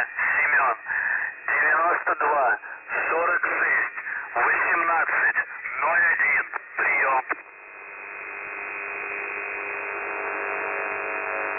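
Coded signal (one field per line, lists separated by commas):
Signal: numbers station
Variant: UVB-76, Russian voice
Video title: The Buzzer/ UVB-76 Voice Message (January 20, 2021, 12:04 UTC)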